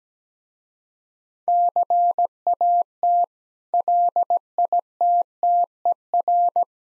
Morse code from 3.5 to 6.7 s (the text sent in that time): LITTER